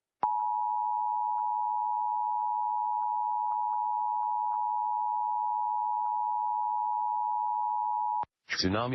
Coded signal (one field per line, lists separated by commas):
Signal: Emergency Alert System (SAME) tones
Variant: 853 and 960 Hz attention tone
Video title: Tsunami Warning - EAS Captrue - 7/29/25 11:57 PM CDT